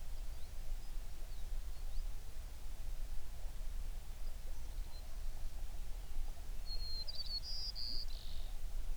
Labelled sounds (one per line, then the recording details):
songbird
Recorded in the Prudhoe Bay oil fields, Alaska, on 11 June 2019 at 04:56
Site 21